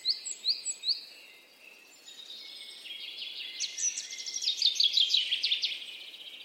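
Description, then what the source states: Bird song starting with a few quick whistles, then a short lull and a dense stretch of high twittering that grows louder. Singing, chirping.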